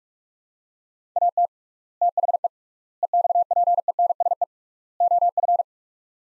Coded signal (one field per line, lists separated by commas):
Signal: Morse code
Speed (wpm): 46 wpm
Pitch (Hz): 700 Hz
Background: none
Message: AT THE EXPENSE OF